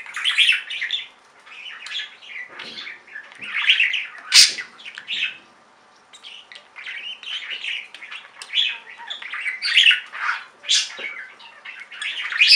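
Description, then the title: Budgerigar chatter: nearly continuous scratchy warbling with chirps, clicks and buzzy squeaks, one brief lull around the middle, a loud click near four seconds. "Budgie Sounds"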